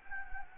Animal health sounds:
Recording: mosquito wingbeat signal from an infrared sensor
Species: Anopheles gambiae

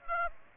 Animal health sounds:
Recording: mosquito wingbeat signal from an infrared sensor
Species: Aedes aegypti

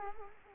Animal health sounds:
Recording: mosquito wingbeat signal from an infrared sensor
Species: Culex quinquefasciatus

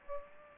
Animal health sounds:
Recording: mosquito wingbeat signal from an infrared sensor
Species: Aedes aegypti

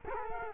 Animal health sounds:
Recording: mosquito wingbeat signal from an infrared sensor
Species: Culex quinquefasciatus

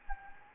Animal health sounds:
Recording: mosquito wingbeat signal from an infrared sensor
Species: Anopheles gambiae

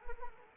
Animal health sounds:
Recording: mosquito wingbeat signal from an infrared sensor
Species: Anopheles arabiensis

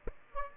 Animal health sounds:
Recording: mosquito wingbeat signal from an infrared sensor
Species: Aedes aegypti

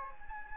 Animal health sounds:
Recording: mosquito wingbeat signal from an infrared sensor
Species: Anopheles gambiae

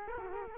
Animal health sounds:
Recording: mosquito wingbeat signal from an infrared sensor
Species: Culex quinquefasciatus

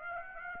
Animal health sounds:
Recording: mosquito wingbeat signal from an infrared sensor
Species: Aedes aegypti

